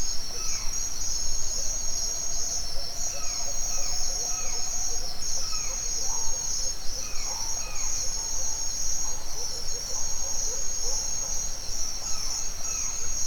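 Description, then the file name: Cricket chorus holds a constant shrill trill throughout while birds give falling whistled notes and a soft drawn-out tone at the start. Forest at dawn in Mexico; birds also heard. "nature ambience forest dawn owl birds crickets insects mexico"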